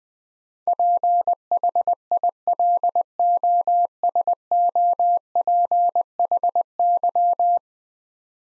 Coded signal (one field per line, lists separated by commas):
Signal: Morse code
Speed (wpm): 20 wpm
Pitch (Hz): 700 Hz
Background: none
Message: PHILOSOPHY